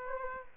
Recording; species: mosquito wingbeat signal from an infrared sensor; Aedes aegypti